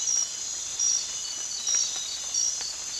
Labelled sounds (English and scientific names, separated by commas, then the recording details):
none
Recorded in dense forest near Puerto Asís, Putumayo, Colombia, on 25 June 2025 at 02:00
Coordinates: 0.466, -76.327
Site GP04